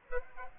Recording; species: mosquito wingbeat signal from an infrared sensor; Aedes aegypti